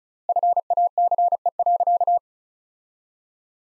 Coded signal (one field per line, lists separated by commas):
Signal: Morse code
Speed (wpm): 34 wpm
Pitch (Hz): 700 Hz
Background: none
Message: FACE.